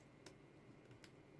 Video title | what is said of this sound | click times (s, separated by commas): Transformers Air Raid and Stormsurge | it doesn't click um same again this side | none